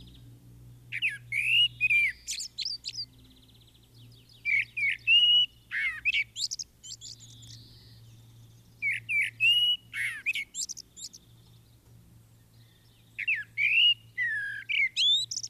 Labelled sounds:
Common Blackbird song
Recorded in the wild
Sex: male
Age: adult
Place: Garmisch-Partenkirchen, Bayern, DE
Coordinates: 47.4864, 11.08
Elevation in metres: 703
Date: 1967-03-26
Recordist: Tretzel, Erwin

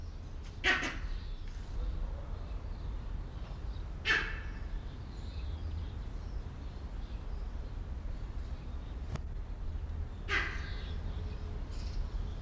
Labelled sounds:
Grivet call
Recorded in captivity
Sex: male
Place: Zoo Berlin, Berlin, DE
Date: 1995-02-04 10:09
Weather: bedeckt, 4°C, Wind
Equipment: Marantz CP 430, Sennheiser ME 80, Kopie Uher Variocord 263
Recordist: Tembrock, Günter

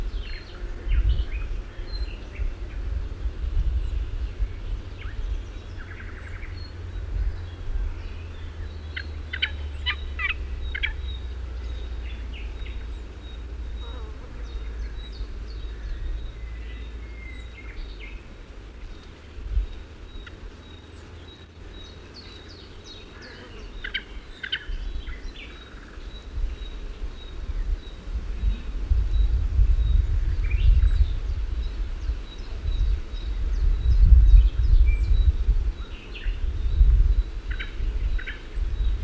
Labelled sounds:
Olive-tree Warbler song
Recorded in the wild
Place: Ropotamo, Burgas, BG
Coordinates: 42.23, 27.644
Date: 1974-06-02
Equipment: Nagra III BH, Sennheiser MD 21, parabola
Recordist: Schubert, Michael

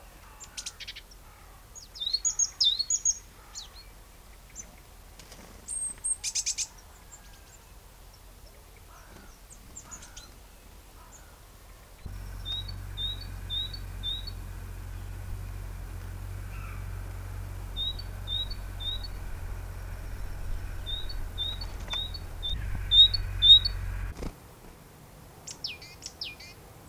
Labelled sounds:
Great Tit call
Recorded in the wild
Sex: diverse
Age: diverse
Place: Erlangen, Bayern, DE
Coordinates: 49.6086, 10.9697
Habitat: forest
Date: 1962-04-02
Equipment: Stellavox SM 5, Vollspur, Nagra
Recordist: Tretzel, Erwin
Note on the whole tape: Zusammenstellung diverser Kohlmeisenlaute von Standort B (Mönau), Erlangen 1962 und 1963

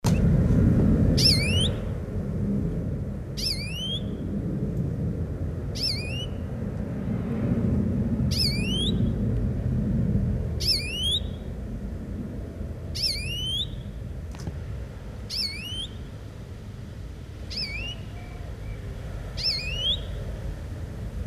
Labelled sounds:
European Greenfinch call
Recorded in the wild
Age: adult
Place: Kaiserslautern, Rheinland-Pfalz, DE
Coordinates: 49.4247, 7.77889
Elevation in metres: 279
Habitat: garden
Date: 1980-08-18
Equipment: Uher 4000 Report, Brühler-Mikrophon, Parabolreflektor
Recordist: Tretzel, Erwin

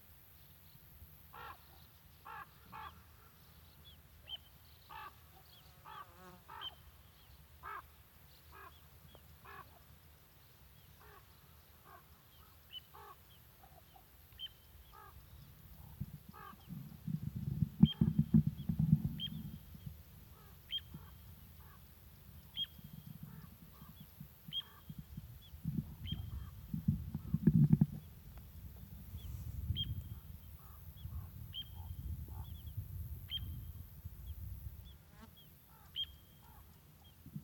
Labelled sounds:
Little Ringed Plover call
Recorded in the wild
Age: juvenile
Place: Flemmingen, Thuringia, DE
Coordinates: 50.9385, 12.6332
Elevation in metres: 250
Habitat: gravel pit
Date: 2024-07-27 15:16
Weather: 20-25°C, cloudy
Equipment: Sound Devices MixPre6, Sennheiser MKH8060
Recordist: Frommolt, Karl-Heinz

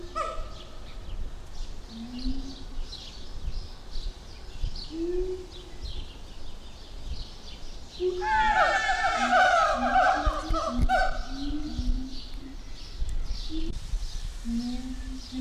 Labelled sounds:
Siamang
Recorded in captivity
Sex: diverse
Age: diverse
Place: Zoo Berlin, Berlin, DE
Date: 1998-06-20
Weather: wolkig - heiter, 18° C
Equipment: Sony MD-WM MZ-R3, Sennheiser ME 80, Kopie Uher 4000 Report Monitor
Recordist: Tembrock, Günter

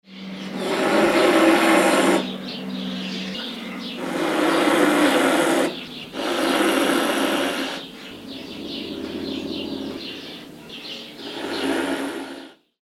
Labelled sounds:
Pallas' Cat
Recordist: Tembrock, Günter
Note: Fauchen und Stoßlaute eines Katers

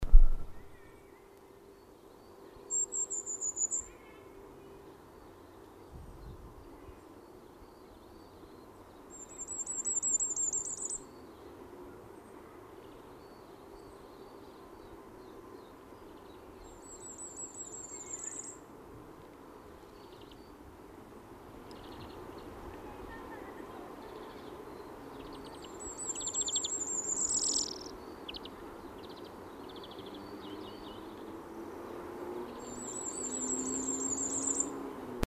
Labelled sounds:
Common Firecrest song
Common Chiffchaff
European Greenfinch
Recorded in the wild
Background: Phylloscopus collybita, Homo sapiens, Chloris chloris
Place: Garmisch-Partenkirchen, Bayern, DE
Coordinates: 47.5203, 11.0819
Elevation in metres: 847
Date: 1972-04-01
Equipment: Nagra
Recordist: Tretzel, Erwin
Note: Gesang

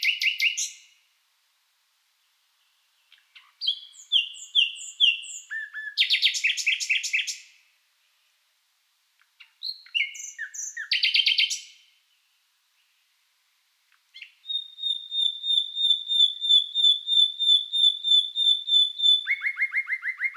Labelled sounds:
Common Nightingale
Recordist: Frommolt, Karl-Heinz

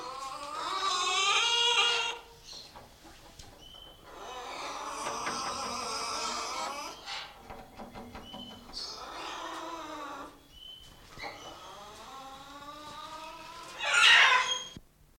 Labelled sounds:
Red-and-green Macaw call
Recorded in captivity
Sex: pair
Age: adult
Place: Zoo Magdeburg, Sachsen-Anhalt, DE
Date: 1989-05-12 11:55
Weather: overcast, intermittent rain, 12°C
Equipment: Sony WM-D6C, Kopie 19 cm
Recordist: Tembrock, Günter
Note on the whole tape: Paar (zuerst vom Nest mit Jungen abgesperrt, dann im Nistkasten): Rufe

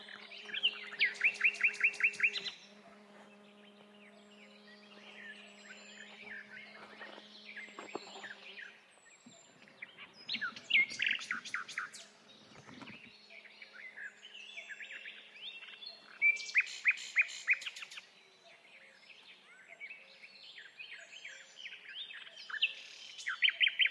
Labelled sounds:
Common Nightingale song
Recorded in the wild
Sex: male
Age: adult
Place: Hobrechtsfelder Rieselfelder, Naturpark Barnim, Berlin, DE
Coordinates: 52.6661, 13.4692
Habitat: poplar grove
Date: 2011-06-12
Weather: sunny, 20°C, windless
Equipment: Sound Devices 702, Sennheiser MKH 70, Rycote Windschutz
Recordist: Frommolt, Karl-Heinz

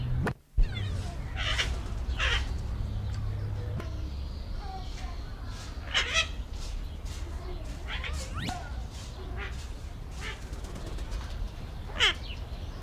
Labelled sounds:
Golden-collared Macaw call
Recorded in captivity
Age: adult
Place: Zoo Berlin, Berlin, DE
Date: 1994-05-07 11:47
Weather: heiter, 12-18°C
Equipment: Marantz CP 430, Sennheiser ME 80, Kopie Uher Variocord 263
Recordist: Tembrock, Günter

